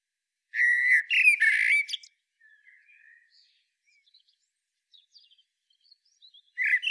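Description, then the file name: Eurasian blackbird sings a loud warbled phrase with a brief squeaky ending. Several seconds of near quiet with faint notes follow, then a new phrase begins. "Turdus merula"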